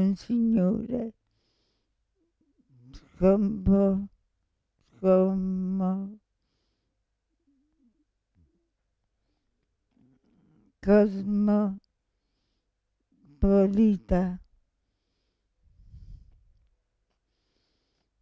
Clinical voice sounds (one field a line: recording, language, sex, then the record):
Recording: read passage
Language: Italian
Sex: female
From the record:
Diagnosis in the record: Parkinson's disease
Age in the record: 65 years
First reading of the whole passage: 242 s, 2.1 characters per second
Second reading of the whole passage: 180 s, 2.9 characters per second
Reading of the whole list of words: 168 s, 1.7 characters per second